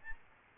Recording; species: mosquito wingbeat signal from an infrared sensor; Aedes albopictus